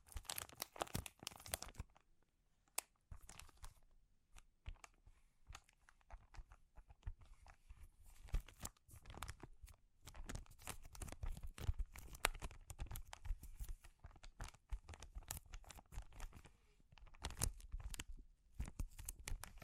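Sensitive crinkling, made of dense bursts of sharp, dry crackles that reach from deep rustle up to bright hiss. The crinkling is busiest in the first two seconds, around 8 to 13 seconds and near the end. Between these it thins to scattered ticks and softer rustling.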